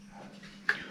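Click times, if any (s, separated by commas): 0.7 s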